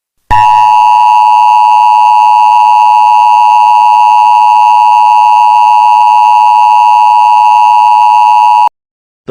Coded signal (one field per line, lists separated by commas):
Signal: Emergency Alert System (SAME) tones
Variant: 853 and 960 Hz attention tone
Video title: EAS Scenario: Boise Earthquake